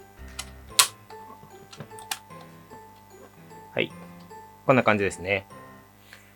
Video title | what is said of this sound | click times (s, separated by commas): B16KMとB36KMの紹介と組立て【WPL JAPAN】～リアのトラニオンサス機構がすごい・・・～ | あとはここですねこれをここにパチッとはめる感じですね | 0.8 s